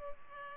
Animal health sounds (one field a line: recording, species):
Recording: mosquito wingbeat signal from an infrared sensor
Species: Culex pipiens